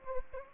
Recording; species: mosquito wingbeat signal from an infrared sensor; Anopheles gambiae